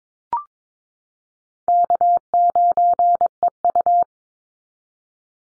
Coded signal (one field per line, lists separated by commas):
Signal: Morse code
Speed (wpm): 22 wpm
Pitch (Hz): 700 Hz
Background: none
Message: K9EU